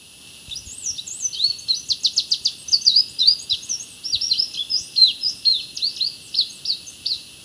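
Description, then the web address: White-rimmed brush finch giving a long run of high notes: varied twittering slurs, a rapid trill-like burst, then more varied slurs, unbroken over several seconds. Recorded in Ecuador. "Birds of Ecuador. White-Rimmed Brush-Finch"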